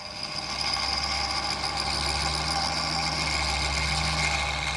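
A milling machine, used to mill and drill parts in-house, runs steadily with a low motor hum and a dense layer of whirring, grinding mechanical noise, with faint high tonal whines above, holding at an even level throughout.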